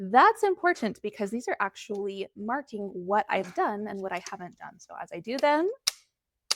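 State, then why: Seated. Someone talks for most of the clip, then the metal wing of a binder clip on an index card list is flipped closed with a sharp click at 6.5 seconds, marking a task as done.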